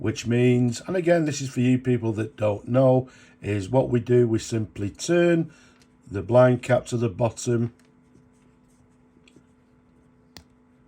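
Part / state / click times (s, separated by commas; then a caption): blind cap on the barrel end of a snorkel fountain pen / released / 10.4 s. Someone talks about turning the blind cap at the bottom of a Sheaffer Crest Snorkel fountain pen, and the cap is turned until the plunger unlocks. After a quiet stretch, a small, sharp click is heard at 10.4 seconds as the plunger releases.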